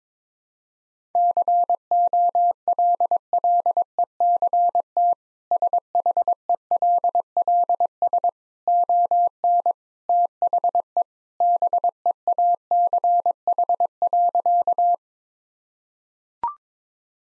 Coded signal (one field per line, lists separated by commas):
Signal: Morse code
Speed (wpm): 21 wpm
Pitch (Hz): 700 Hz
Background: none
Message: COLLECT SHELLS ON THE BEACH.